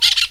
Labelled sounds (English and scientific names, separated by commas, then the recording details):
Brown-throated Parakeet (Eupsittula pertinax) contact call
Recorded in Venezuela
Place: Guárico; Corozopando; Fundo La Fe
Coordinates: 8.506, -67.593